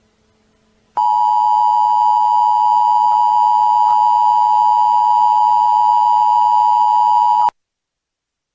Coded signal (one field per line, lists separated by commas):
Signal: Emergency Alert System (SAME) tones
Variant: 853 and 960 Hz attention tone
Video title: Emergency Alert System "The Sun Vanished" (Fan-Made)